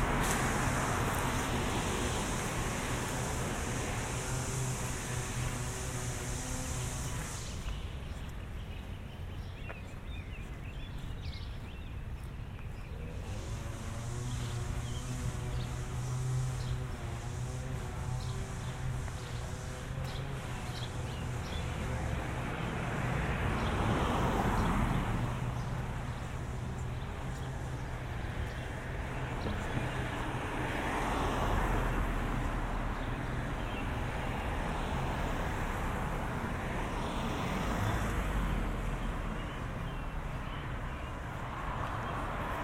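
A walk through suburban streets beside steady traffic, with cars swelling past around 25 and 31 seconds and brief voices mid-clip.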